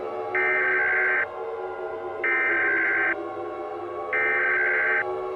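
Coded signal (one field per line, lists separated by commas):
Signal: Emergency Alert System (SAME) tones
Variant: header bursts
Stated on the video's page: Fictional EAS scenario made for entertainment, not a real alert.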